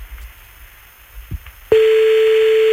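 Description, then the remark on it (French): Quiet low rumble with a brief soft knock, then a steady, single-pitched telephone ringing tone of an outgoing call switches on abruptly with a layer of hiss and holds unbroken until the end. “S'il décroche pas, tant pis, on appelle la copine en direct, hein, c'est pas grave.”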